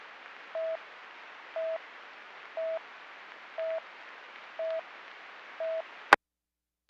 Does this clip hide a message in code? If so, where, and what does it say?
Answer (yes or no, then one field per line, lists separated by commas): no